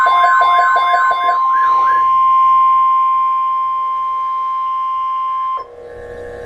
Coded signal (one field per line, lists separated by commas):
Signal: Emergency Alert System (SAME) tones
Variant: 1050 Hz attention tone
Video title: Severe Thunderstorm Watch - EAS #602